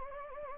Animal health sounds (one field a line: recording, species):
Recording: mosquito wingbeat signal from an infrared sensor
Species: Anopheles gambiae